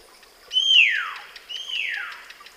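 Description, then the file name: Common hill myna uttering two descending whistles, each sliding sharply downward from a high pitch, about one second apart, over faint background hiss. "Gracula religiosa"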